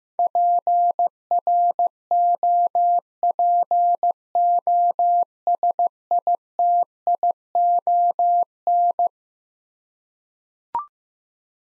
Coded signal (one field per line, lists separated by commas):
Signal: Morse code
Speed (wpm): 15 wpm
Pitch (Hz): 700 Hz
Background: none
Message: PROPOSITION